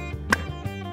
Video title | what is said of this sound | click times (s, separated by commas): Z-Flash BCM for Ford w/Headlight Flasher: Installation & Flash Patterns Overview | as we slide it in you'll hear a click and the white lever will slide up | 0.3 s